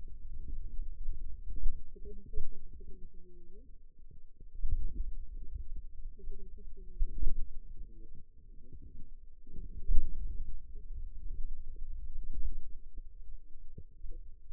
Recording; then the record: forearm muscle sounds (acoustic myography)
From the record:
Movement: finger pinch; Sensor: system 2, bracelet of six BSWA MPA416 microphones around the upper forearm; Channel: 2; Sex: female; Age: 21 years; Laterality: right